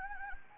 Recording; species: mosquito wingbeat signal from an infrared sensor; Anopheles gambiae